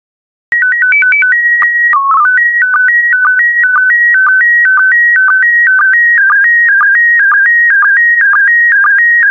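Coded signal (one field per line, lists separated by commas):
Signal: SSTV (slow-scan television)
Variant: PD120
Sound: short header chirp of stepped tones, then a steady warbling tone with regular clicks twice a second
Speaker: 1. Thank you. Transmission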